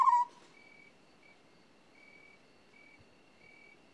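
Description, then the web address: African scops owl with one brief trilled purr at the opening, followed by pulsing high insect chirps over a quiet background. "BBC Sound Effects Library - Animals and Birds African Scops Owl"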